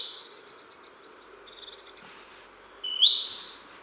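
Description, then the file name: Great tit call: faint soft notes at first, then a bright high whistle followed by a single rising slur near the end. "Parus major"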